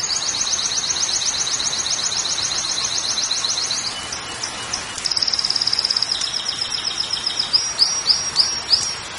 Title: Canto Para Esquentar Canário Belga. SUARA KENARI DI ALAM LIAR